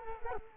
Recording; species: mosquito wingbeat signal from an infrared sensor; Culex quinquefasciatus